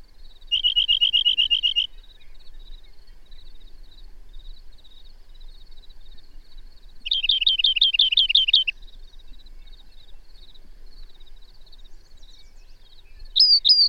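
Bird song: two high rattling trills several seconds apart, the second harsher and broader, over faint steady ticking, ending with a brief sharp call.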